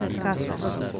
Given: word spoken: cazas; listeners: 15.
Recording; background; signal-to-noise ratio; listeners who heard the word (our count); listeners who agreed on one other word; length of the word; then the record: one Spanish word in noise, from a listening test; eight-talker babble; -2.5 dB; 0 of 15; 6 of 15; 0.60 s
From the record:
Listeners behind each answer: 6, 2, 2, 2, 1, 1, 1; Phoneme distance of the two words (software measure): 10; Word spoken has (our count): 2 syllables, 5 phonemes, stress on syllable 1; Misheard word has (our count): 2 syllables, 5 phonemes, stress on syllable 1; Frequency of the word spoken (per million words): 1.31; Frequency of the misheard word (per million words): 26.06